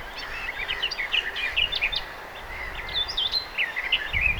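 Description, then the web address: Garden warbler giving an unbroken, bubbling warble of rapid mixed notes, with light background noise and a low rumble at the end. Singing bird recorded on 2 June 2025. "paivat 2 6 2025 myos tuollainen laulava lehtokerttu"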